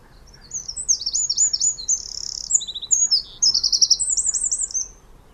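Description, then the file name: Eurasian wren song: a rapid, high, tinkling run of sharp notes and fast trills in a continuous, jumbled stream over faint background hiss. "Troglodytes troglodytes"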